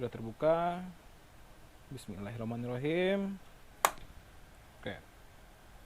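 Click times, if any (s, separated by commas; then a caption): 3.9 s. A graphics card is pulled out of a motherboard PCIe slot after the slot's retention clamp has already been opened. Someone talks, then a single sharp click at 3.8 s marks the card releasing from the slot. The click is hoped to have come from the clamp and not from something breaking.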